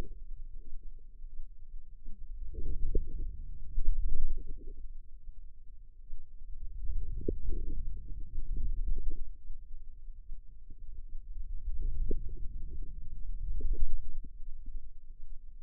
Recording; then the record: forearm muscle sounds (acoustic myography)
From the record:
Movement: wrist extension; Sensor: system 2, bracelet of six BSWA MPA416 microphones around the upper forearm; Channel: 6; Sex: female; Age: 25 years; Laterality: right